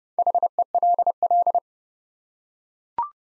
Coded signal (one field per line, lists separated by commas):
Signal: Morse code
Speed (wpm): 30 wpm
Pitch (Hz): 700 Hz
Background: none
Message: HELL